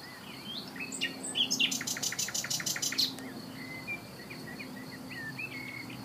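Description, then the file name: Common nightingale singing: a rapid series of hard, clicking repeated notes for about one and a half seconds, followed by quieter whistled chirps and brief slurred notes. "Luscinia megarhynchos"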